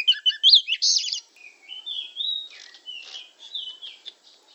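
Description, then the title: Oriental magpie-robin singing, a loud buzzy, whistled opening followed by softer sliding whistles and chattering notes that fade toward the end. Described as 'gacor', meaning singing vigorously. "Kacer Gacor"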